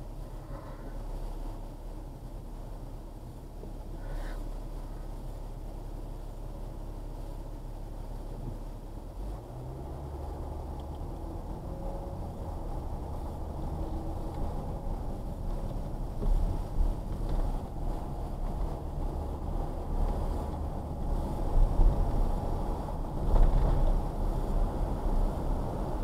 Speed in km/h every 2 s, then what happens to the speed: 0, 0, 0, 0, 0, 5, 18, 19, 19, 21, 26, 29, 34.
0-9 standing. 9-12 pulls away to 18. 12-17 steady at about 19. 17-26 speeds up to 34.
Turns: none.